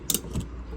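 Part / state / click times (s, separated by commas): window stay latch on a camper hinged window / seated / 0.1 s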